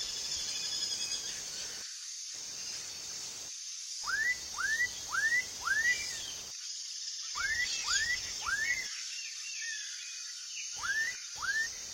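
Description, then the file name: Black-capped donacobius song: bursts of two to four sharply rising whistles in quick succession, separated by pauses, over a continuous high insect drone. "Canto do japacanim"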